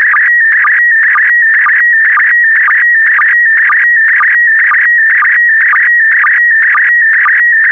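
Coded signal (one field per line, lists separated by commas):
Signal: SSTV (slow-scan television)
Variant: PD120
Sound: continuous warbling whistle around 2 kHz with steady ticking sync pulses twice a second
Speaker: complete. You can now check your decoded image against the picture that is shown on the video.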